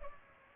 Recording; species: mosquito wingbeat signal from an infrared sensor; Culex pipiens